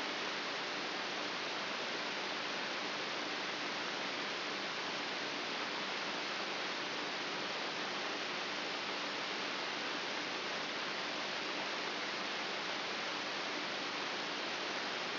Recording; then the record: brain microelectrode recording played as sound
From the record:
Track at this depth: inside the subthalamic nucleus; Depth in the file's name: 4.24 mm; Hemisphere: right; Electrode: 3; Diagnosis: Parkinson's disease